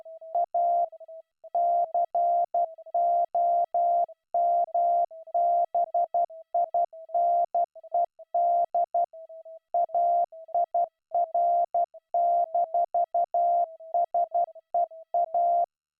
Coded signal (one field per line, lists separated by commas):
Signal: Morse code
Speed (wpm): 12 wpm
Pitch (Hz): 690 Hz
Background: none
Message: A COMBINED AIR-SEA